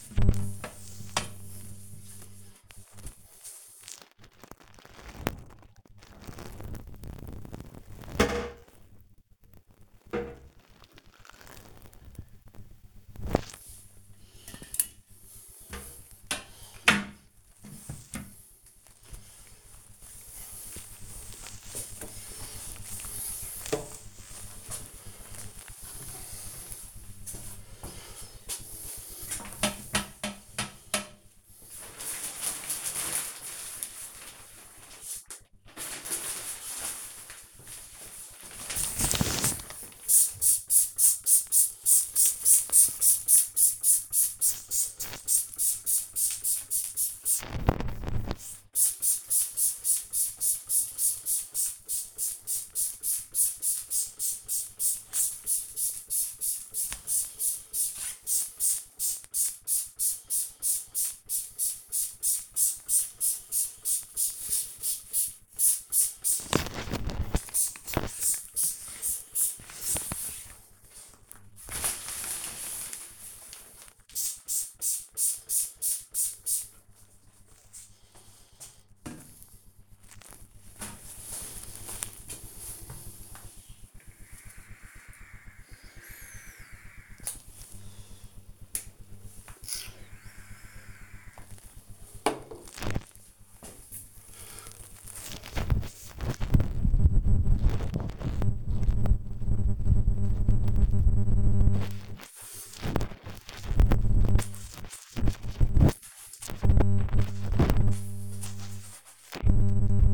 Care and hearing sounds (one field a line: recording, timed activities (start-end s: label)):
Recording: household activities, microphone on the right wrist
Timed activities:
3.05-110.14 s: cleaning bathroom
49.27 s: note: using spray bottle